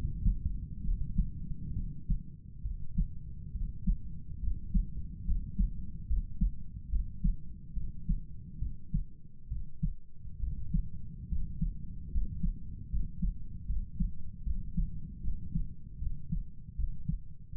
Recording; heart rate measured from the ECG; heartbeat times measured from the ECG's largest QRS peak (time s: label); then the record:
heart sounds by stethoscope; 72 bpm
0.83 s: heartbeat
1.74 s: heartbeat
2.63 s: heartbeat
3.53 s: heartbeat
4.41 s: heartbeat
5.25 s: heartbeat
6.07 s: heartbeat
6.90 s: heartbeat
7.74 s: heartbeat
8.60 s: heartbeat
9.49 s: heartbeat
10.41 s: heartbeat
11.29 s: heartbeat
12.12 s: heartbeat
12.90 s: heartbeat
13.67 s: heartbeat
14.44 s: heartbeat
15.22 s: heartbeat
16.00 s: heartbeat
16.77 s: heartbeat
17.53 s: heartbeat
From the record:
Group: healthy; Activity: rest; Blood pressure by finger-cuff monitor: 125/72 mmHg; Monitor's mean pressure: 88 mmHg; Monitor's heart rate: 72 bpm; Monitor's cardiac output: 7.1 L/min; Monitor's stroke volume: 102 mL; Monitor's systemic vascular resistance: 910 dyn s/cm5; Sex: male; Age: 35 years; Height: 180 cm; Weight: 86.9 kg